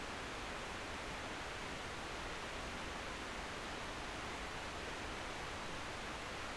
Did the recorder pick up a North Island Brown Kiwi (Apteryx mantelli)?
no